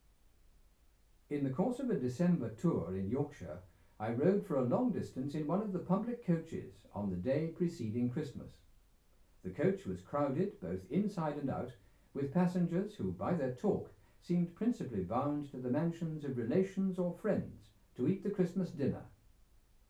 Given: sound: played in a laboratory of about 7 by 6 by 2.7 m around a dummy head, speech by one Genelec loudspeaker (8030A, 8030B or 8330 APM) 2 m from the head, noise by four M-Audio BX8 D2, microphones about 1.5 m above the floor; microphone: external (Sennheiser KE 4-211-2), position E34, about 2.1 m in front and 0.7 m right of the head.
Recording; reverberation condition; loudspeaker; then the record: male speech in English; low; 60 degrees to the right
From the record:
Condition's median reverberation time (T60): about 310 ms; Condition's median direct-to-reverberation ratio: about 3.5 dB